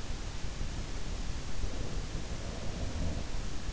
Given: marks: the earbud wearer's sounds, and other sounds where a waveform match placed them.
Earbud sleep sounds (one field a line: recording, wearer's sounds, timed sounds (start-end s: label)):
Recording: sounds in sleep by an in-ear microphone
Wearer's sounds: breath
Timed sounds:
1.34-3.02 s: breath
1.57-3.70 s: sound from someone else or the room